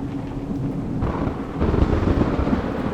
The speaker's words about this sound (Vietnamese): Từ ở trên bầu trời mây đen tụ lại, cuồng phong nổi lên, mưa sấm ầm ầm.